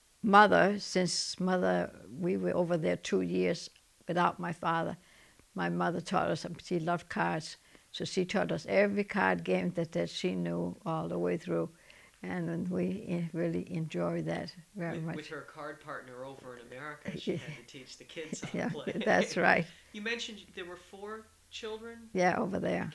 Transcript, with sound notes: Mother, since Mother, we were over there two years without my father, my mother taught us, she loved cards, so she taught us every card game that she knew all the way through, and then we really enjoyed that very much.
With her card partner over in America, she had to teach the kids how to play. ( they laugh )
That's right.
You mentioned there were four children.
Yeah over there.